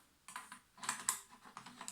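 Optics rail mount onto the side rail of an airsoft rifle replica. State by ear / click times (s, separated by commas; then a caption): not seated / none. A small optics rail mount is being fitted onto the side rail of a GHK 105 airsoft rifle replica, producing a series of short, sharp plastic-and-metal handling clicks and scrapes, the loudest near 1.1 s. Nothing has seated or clicked into place yet.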